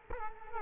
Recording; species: mosquito wingbeat signal from an infrared sensor; Culex quinquefasciatus